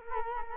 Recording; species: mosquito wingbeat signal from an infrared sensor; Culex quinquefasciatus